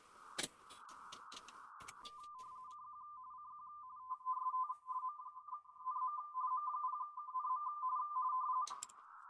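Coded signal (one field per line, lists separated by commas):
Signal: RTTY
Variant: 45 baud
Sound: warbling two-tone teletype chatter, rapid alternation between close pitches, after brief static bursts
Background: radio static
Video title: M0KNM - CQ WW RTTY Contest 2025 27/09/25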